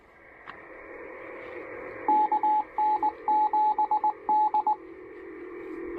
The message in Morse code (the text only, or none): KN7D